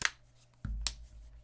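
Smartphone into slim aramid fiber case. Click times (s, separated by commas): 0.9 s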